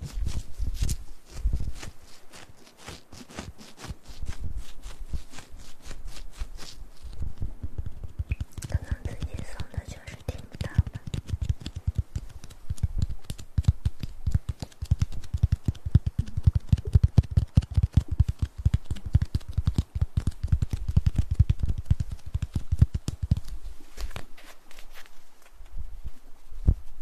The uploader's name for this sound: Ear Massage & Mouth Sounds